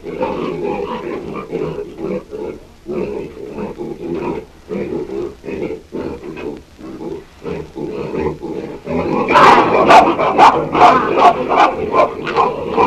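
Hamadryas baboon giving rhythmic grunting pulses repeated quickly, then louder harsh calls toward the end.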